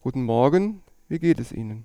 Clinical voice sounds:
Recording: spoken sentence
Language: German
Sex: male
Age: 40 to 49 years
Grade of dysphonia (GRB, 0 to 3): 1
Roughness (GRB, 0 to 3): 1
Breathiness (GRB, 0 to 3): 1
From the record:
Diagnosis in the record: hypofunctional dysphonia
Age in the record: 47 years

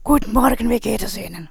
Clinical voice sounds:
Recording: spoken sentence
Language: German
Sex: female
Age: 60 to 69 years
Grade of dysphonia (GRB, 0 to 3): 3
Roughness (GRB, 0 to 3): 2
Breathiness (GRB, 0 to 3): 3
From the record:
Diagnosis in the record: recurrent laryngeal nerve paralysis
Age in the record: 67 years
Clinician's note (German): Links, ohne Kompensation nach Strumektomie, keine Eigenbeweglichkeit

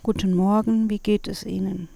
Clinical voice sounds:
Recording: spoken sentence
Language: German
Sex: female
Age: 40 to 49 years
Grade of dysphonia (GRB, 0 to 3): 2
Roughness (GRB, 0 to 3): 0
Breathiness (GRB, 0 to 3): 0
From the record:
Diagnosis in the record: hyperfunctional dysphonia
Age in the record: 49 years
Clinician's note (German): Ponogen mit eventuell phsychogen-phonasthenischer Komponente

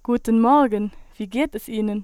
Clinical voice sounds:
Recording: spoken sentence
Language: German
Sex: female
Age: 20 to 29 years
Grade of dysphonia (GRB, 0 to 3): 0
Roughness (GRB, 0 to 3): 0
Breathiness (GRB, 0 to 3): 0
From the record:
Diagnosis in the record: healthy voice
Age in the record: 21 years

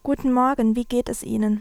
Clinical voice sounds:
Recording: spoken sentence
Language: German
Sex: female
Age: 20 to 29 years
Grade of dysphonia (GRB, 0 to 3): 1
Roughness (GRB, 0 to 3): 1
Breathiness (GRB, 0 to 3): 0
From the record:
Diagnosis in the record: healthy voice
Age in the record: 21 years

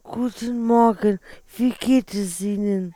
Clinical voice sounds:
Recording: spoken sentence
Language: German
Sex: female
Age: 30 to 39 years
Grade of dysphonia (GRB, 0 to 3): 2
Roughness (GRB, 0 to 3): 1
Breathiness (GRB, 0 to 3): 2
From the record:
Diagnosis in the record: dysarthrophonia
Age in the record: 39 years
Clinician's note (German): Posttraumatisch, Trachealstenose

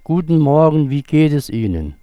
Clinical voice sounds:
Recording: spoken sentence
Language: German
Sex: male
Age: 60 to 69 years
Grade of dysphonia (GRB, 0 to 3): 0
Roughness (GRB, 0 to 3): 0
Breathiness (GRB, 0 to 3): 0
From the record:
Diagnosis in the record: recurrent laryngeal nerve paralysis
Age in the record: 64 years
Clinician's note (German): Idiopathisch, gute Restbeweglichkeit, gute Kompensation

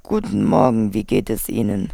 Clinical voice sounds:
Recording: spoken sentence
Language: German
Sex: female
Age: 20 to 29 years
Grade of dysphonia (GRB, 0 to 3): 3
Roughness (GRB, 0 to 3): 3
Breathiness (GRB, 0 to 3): 1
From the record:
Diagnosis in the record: hyperfunctional dysphonia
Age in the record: 28 years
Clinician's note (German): Ausgeprägt (eventuell noch unterschwellige Laryngitis)

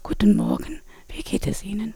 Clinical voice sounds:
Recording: spoken sentence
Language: German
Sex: female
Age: 40 to 49 years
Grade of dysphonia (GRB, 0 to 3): 3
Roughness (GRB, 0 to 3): 2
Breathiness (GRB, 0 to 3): 3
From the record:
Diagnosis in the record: recurrent laryngeal nerve paralysis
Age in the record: 45 years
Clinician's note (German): Inkomplett kompensiert

